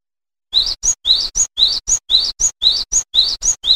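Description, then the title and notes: Bird song in a steady chirping pattern: a rising high note followed by a short sharp higher note, paired and repeated about twice a second after a brief silence. Birdsong used for tutoring pet birds. "Suara Kicauan Burung untuk memaster burung kesayangan"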